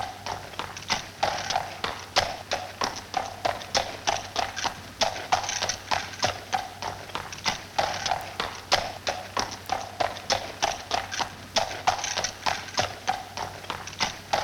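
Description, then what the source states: Horse walking, crisp clopping hooves striking hard ground in an even, unhurried rhythm roughly three times a second, over a soft continuous low hum. Horse walking on pavement.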